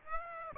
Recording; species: mosquito wingbeat signal from an infrared sensor; Aedes aegypti